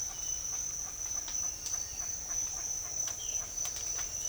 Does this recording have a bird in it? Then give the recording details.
yes. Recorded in dense forest near Puerto Asís, Putumayo, Colombia, on 13 March 2025 at 07:00. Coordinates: 0.503, -76.323. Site GP09